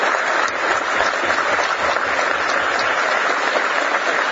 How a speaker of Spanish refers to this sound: Sí, merece un aplauso.